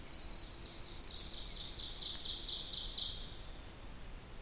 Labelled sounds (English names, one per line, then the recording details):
Ovenbird song
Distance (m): 45 m
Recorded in boreal forest in Alberta, Canada, on 2 June 2016 at 06:50
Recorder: SongMeter 3, array SBT-3-7
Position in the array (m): 332 m, 114 m
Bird 44